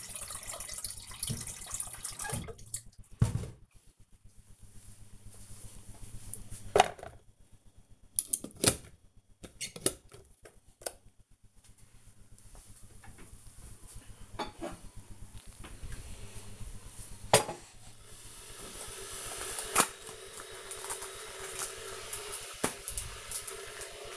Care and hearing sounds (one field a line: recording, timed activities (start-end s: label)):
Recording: household activities, microphone on the right wrist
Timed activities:
0.00-24.17 s: making tea